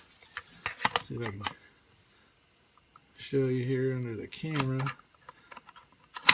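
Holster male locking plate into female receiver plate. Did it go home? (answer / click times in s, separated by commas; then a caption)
yes / 6.3 s. Someone talks while handling a Safariland 578 GLS holster, sliding the male plate of its quick-locking system into the female receiver plate, with a few light taps and clicks along the way. The plate latches with a sharp, positive click at 6.3 s, and the holster plate is seated.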